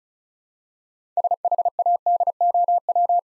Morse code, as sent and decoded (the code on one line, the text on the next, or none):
... .... .- -.. --- .--
SHADOW